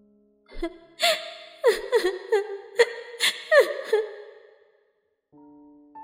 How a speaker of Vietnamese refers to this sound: Nghe thấy tiếng khóc của cô gái, tôi mở mắt và nhận thấy mình đã vào trong giấc mơ của cô ta tạo ra rồi.